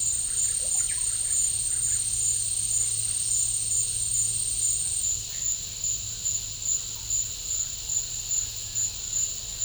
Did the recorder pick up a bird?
no